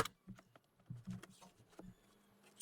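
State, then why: Seated. A plastic interior trim panel is pressed by hand into the body of a BMW E39 being restored, held without a screw, and clicks into place at about 0.1 s. Faint small knocks and handling noises follow at a low level, and the panel ends up seated.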